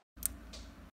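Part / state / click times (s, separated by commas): plastic key cap onto laptop keyboard hinge / seated / 0.3 s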